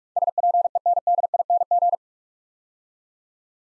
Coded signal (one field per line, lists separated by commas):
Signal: Morse code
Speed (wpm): 44 wpm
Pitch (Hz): 700 Hz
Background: none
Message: SPENDING